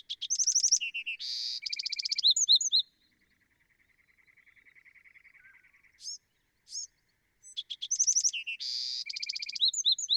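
Bewick's Wren song: two long bursts of rapid, buzzy trills and sharp high notes, separated by a faint steady buzzing series and a few high notes.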